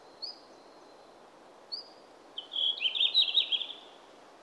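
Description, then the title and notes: Red-flanked Bluetail giving two faint, thin high notes, followed by a clear, quick warbled phrase of bright, tumbling high notes. "sinipyrstön esitteli Pertti Koskimies"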